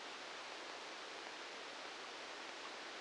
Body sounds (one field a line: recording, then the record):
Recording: brain microelectrode recording played as sound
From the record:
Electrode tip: outside the subthalamic nucleus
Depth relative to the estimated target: -6 mm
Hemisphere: right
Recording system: NeuroSet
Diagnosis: Parkinson's disease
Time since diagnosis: 10 years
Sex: male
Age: 56 years